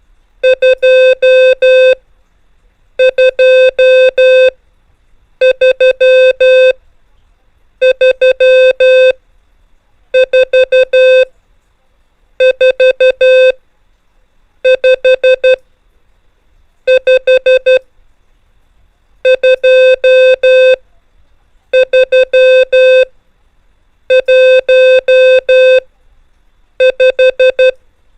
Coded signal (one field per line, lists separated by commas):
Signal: Morse code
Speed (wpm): 12 wpm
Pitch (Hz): 520 Hz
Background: music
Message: 2 2 3 3 4 4 5 5 2 3 1 5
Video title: MORSE CODE : NUMBERS ONLY SEE HEAR & DECODE with TRAINOR and CHECKER | HAM RADIO BASICS